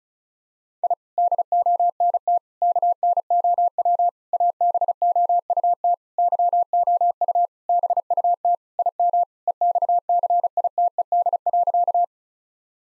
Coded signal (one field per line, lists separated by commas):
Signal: Morse code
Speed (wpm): 36 wpm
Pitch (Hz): 700 Hz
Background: none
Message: I DONT KNOW ABOUT YOU BUT IM EXCITED.